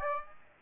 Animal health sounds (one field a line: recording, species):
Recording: mosquito wingbeat signal from an infrared sensor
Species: Aedes aegypti